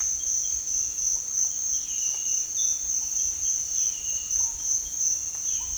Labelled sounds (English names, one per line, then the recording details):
none
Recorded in dense forest near Puerto Asís, Putumayo, Colombia, on 21 December 2024 at 06:00
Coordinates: 0.467, -76.328
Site GP05